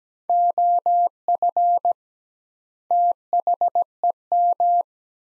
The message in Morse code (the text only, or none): OF THEM